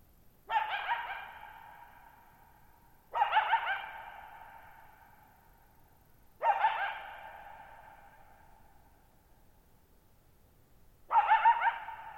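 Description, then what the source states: Coyote barking four times at uneven intervals, each harsh call sliding into a tone that echoes away. Lone coyote at night, July 14, 2019, Thirtymile Meadows, Okanogan National Forest, Okanogan High Country, 6400 ft (1950 m); tall sharp mountains on a high, mostly dry plateau; shallow bowl-shaped meadow.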